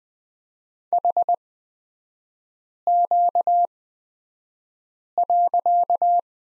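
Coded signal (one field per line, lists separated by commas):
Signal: Morse code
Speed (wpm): 20 wpm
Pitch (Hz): 700 Hz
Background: none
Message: HQ.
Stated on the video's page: Morse code course lesson on the period with three-character groups, Farnsworth speed 20/10 wpm.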